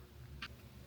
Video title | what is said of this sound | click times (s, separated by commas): Replacing a Bathroom Exhaust Fan is Easy | up into here, so lift the squirrel cage in. That will click in place, and that just gets plugged in right there. | 0.4 s